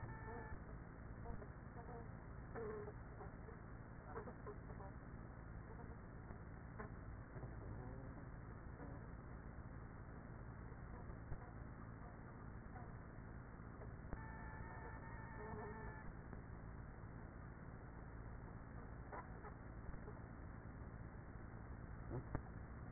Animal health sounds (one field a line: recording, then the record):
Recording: honeybee colony, microphone inside the hive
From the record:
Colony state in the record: queenless with a low population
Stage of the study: after two queens were removed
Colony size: about 30,000 bees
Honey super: no